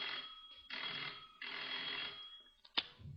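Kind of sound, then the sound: household object, telephone ringing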